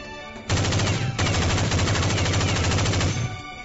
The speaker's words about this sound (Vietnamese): Bỗng nhiên, phía sau vang lên tiếng súng dồn dập giòn tan, cắt đứt lời của hắn ta.